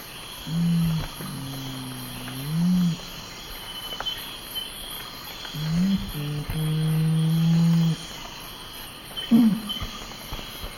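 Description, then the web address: Nocturnal Curassow booming call, deep hummed notes in two drawn-out phrases, then a short grunt, against a continuous high cricket-like chorus. Recorded in the eastern lowlands of South America. "Natures Songs S America Eastern Lowlands. Nocturnal Curassow"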